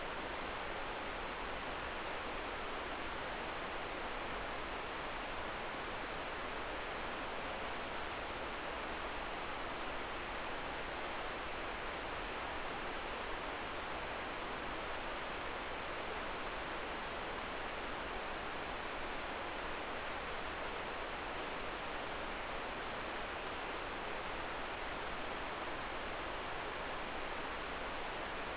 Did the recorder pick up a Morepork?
no